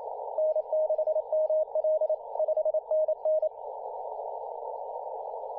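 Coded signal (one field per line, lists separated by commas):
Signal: Morse code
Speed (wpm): 27 wpm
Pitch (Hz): 620 Hz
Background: radio noise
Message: N6ML 5NN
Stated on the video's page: Morse code on 15m, recorded by another station.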